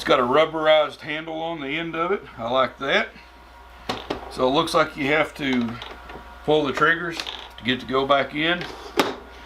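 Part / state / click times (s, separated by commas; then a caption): telescoping handle locking into its retracted position on a portable fridge / seated / 9.0 s. Someone talks while handling the telescoping handle, which has a rubberized end, on a BougeRV dual zone 37 quart portable refrigerator. Brief sharp sounds occur near 3.9 s and 4.1 s. After the trigger levers are pulled, the sliding handle is pushed back in with one finger and locks into its retracted position with a sharp click at 9.0 s.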